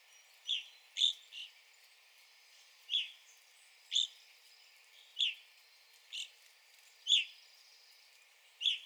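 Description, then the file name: Evening grosbeak calling with loud, short, slightly burry chirps at irregular intervals, a softer note sometimes following. Recorded on 9 April 2021. "2021-04-09 Evening Grosbeak"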